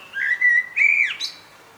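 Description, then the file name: Common blackbird giving a short, clear fluted whistle in two smooth notes, ending in a brief, higher squeak. "Turdus merula"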